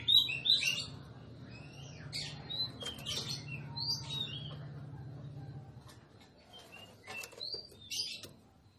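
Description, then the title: Oriental magpie-robin female calling: scattered high chirps and short whistled phrases over a low hum that stops after about 6 seconds, quieter toward the end. Female song, used to provoke a male that has stopped singing into singing and fighting. "Suara kacer betinamemancing kacer jantan yg macet bunyi"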